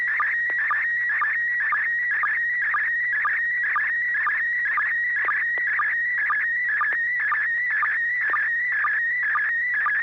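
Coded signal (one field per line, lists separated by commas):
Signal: SSTV (slow-scan television)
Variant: PD120 mode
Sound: continuous warbling tone around 2 kHz with regular short low chirps, twice a second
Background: low mains hum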